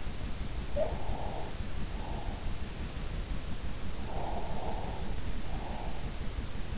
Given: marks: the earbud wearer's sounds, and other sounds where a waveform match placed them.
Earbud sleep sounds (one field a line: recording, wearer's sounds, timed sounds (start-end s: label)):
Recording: sounds in sleep by an in-ear microphone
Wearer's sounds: breath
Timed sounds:
0.58-2.38 s: sound from someone else or the room
0.95-2.38 s: breath
4.18-6.03 s: breath